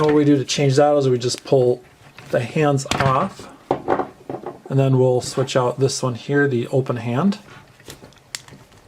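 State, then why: Seated. Someone talks while the closed fists are pulled off an action figure and a plastic open hand is pressed onto its wrist peg, with small handling clicks around 3.7–4.5 s. The open hand snaps in place with a sharp click at 8.4 s.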